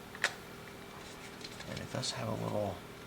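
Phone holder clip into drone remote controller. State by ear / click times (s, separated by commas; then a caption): not seated / none. A plastic phone holder is handled at the back of a BEZGAR BD101 drone's remote controller while someone talks, with a sharp plastic tap near 0.2 s and a lighter one around 1.5 s. Nothing has seated or clicked into place yet.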